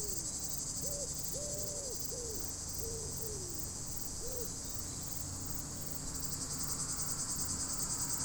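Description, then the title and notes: Cicada buzzing continuously in a high pulsed drone while a bird gives a series of low, soft cooing notes over the first half. Roadside by the D991 on Groisin hill, Chindrieux, France; hot sunny day; wood pigeon audible; Zoom H4n Pro resting on a bicycle. "5160 Rte d'Aix, 73310 Chindrieux, France - cigale en bord de route. arrêt dans la côte de Groisin au bord de la D991 par cette chaude journée ensoleillée , les sons de la nature , cigale, criquets pigeon ramier"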